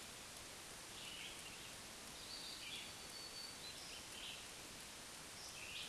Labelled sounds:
Black-throated Green Warbler (Setophaga virens) song
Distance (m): 85 m
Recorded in a Pennsylvania forest on 1 June 2023 at 07:44
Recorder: AudioMoth, point grid3_31_high
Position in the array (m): 185 m, 178 m

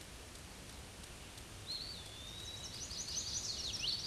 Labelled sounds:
Eastern Wood-Pewee (Contopus virens) song
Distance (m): 40 m
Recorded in a Pennsylvania forest on 18 May 2023 at 11:31
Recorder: AudioMoth, point grid1_35_low
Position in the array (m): 185 m, 172 m

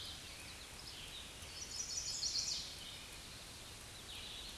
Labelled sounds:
Scarlet Tanager (Piranga olivacea) song
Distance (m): 25 m
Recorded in a Pennsylvania forest on 19 May 2023 at 09:09
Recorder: AudioMoth, point grid1_2_low
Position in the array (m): 142 m, 43 m

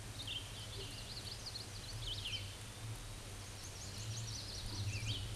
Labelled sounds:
Hooded Warbler (Setophaga citrina) song
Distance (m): 20 m
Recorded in a Pennsylvania forest on 18 May 2023 at 11:01
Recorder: AudioMoth, point grid1_31_low
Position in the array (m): 132 m, 105 m

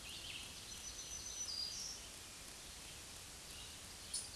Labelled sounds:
Black-throated Green Warbler (Setophaga virens) song
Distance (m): 35 m
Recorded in a Pennsylvania forest on 1 June 2023 at 07:03
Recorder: AudioMoth, point grid3_13_low
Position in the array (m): 118 m, 113 m

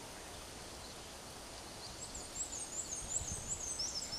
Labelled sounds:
Black-and-white Warbler (Mniotilta varia) song
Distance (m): 25 m
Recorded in a Pennsylvania forest on 17 May 2023 at 12:04
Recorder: AudioMoth, point grid1_28_low
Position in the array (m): 51 m, 84 m

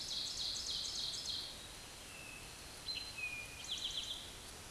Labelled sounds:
Eastern Towhee (Pipilo erythrophthalmus) song
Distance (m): 35 m
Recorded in a Pennsylvania forest on 17 May 2023 at 13:25
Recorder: AudioMoth, point grid1_31_low
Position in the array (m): 114 m, 105 m

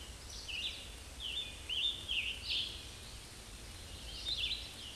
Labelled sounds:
Scarlet Tanager (Piranga olivacea) song
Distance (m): 65 m
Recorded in a Pennsylvania forest on 19 May 2023 at 09:54
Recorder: AudioMoth, point grid1_34_low
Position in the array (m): 161 m, 71 m

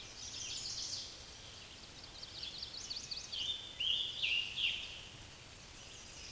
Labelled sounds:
Scarlet Tanager (Piranga olivacea) song
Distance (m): 40 m
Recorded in a Pennsylvania forest on 19 May 2023 at 09:55
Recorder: AudioMoth, point grid1_27_low
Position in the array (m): 154 m, 73 m

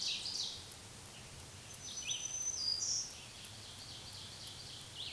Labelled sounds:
Black-throated Green Warbler (Setophaga virens) song
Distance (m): 5 m
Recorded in a Pennsylvania forest on 1 June 2023 at 07:55
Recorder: AudioMoth, point grid3_16_high
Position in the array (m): 257 m, 138 m

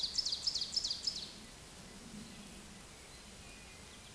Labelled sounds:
Ovenbird (Seiurus aurocapilla) song
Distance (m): 40 m
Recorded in a Pennsylvania forest on 17 May 2023 at 13:25
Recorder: AudioMoth, point grid1_26_low
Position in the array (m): 148 m, 63 m

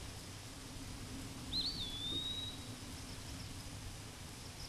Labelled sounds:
Eastern Wood-Pewee (Contopus virens) song
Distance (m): 20 m
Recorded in a Pennsylvania forest on 18 May 2023 at 13:39
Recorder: AudioMoth, point grid1_39_low
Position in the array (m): 203 m, 175 m

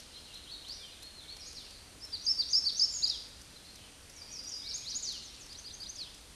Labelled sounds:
Chestnut-sided Warbler (Setophaga pensylvanica) song
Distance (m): 40 m
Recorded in a Pennsylvania forest on 18 May 2023 at 08:51
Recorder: AudioMoth, point grid1_11_low
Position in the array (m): 210 m, 129 m

